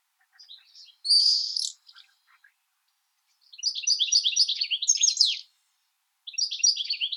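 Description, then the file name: European goldfinch singing in quick liquid twitters, one brief buzzy note early on, then two bright chattering phrases separated by short silences. "CSHegol Carduelis carduelis"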